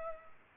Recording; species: mosquito wingbeat signal from an infrared sensor; Culex pipiens